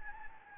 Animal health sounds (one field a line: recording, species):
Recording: mosquito wingbeat signal from an infrared sensor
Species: Anopheles gambiae